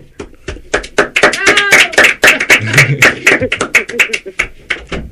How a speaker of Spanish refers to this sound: Muchas gracias, buenas noches y un aplauso para los que luchan.